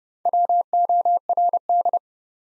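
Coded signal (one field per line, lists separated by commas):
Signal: Morse code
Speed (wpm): 30 wpm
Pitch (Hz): 700 Hz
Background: none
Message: WORD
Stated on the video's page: Four-letter words sent at 30 wpm for head-copy practice, each sent once, spoken, then sent again.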